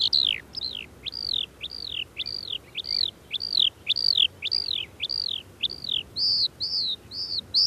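Eurasian skylark singing a long string of repeated arched whistled notes, steady and bright.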